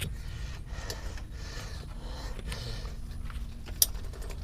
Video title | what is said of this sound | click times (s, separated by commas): Replacing The Fuel Filter On Guz | I heard something click | 3.8 s